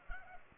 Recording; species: mosquito wingbeat signal from an infrared sensor; Culex pipiens